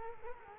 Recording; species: mosquito wingbeat signal from an infrared sensor; Culex quinquefasciatus